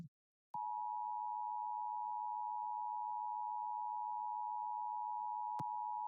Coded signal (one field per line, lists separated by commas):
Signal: Emergency Alert System (SAME) tones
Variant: 853 and 960 Hz attention tone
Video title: LIVE AM/MW DX: DX Central Live - S. 3, Ep. 8 | Friday, November 11, 2022 | MWFC: 1270 & 603 kHz